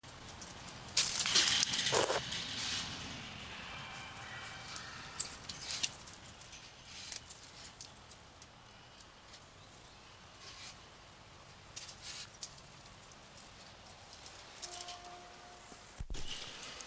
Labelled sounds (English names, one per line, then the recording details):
South American Coati call
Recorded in captivity
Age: adult
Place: Tierpark Wolgast, Mecklenburg-Vorpommern, DE
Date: 1983-09-19 10:57
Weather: overcast, 16°C
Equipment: Nagra SN, Sennheiser MKH 416 T, Kopie Uher 4000 Report Monitor
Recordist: Tembrock, Günter